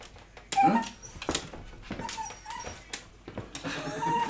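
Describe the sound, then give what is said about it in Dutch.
A dog whines and lets out several short, high-pitched yips in quick succession, its squeaky cries rising and falling over a faint background hiss. “Mijn hond geeft even een concert.”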